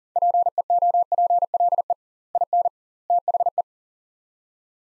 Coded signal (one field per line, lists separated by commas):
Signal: Morse code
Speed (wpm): 40 wpm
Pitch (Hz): 700 Hz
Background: none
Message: PEOPLE IN THE